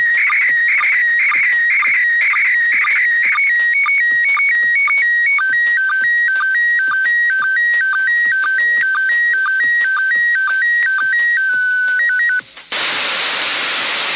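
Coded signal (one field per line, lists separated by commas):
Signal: SSTV (slow-scan television)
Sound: warbling, chirping tones around 2 kHz with regular short low blips, twice per second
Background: radio static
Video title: ISS SSTV 29 July 2019 - Start of the pass at 3.4 degrees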